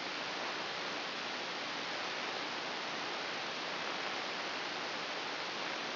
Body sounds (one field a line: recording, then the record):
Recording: brain microelectrode recording played as sound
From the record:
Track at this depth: inside the subthalamic nucleus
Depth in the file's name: 6.931 mm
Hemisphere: right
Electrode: 2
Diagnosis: Parkinson's disease